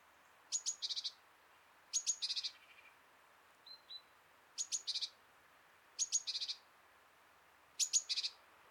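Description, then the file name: Great tit calls: five bursts, each a sharp high note followed by a buzzy chattering cluster, with two faint thin notes between, over steady hiss. "Parus major"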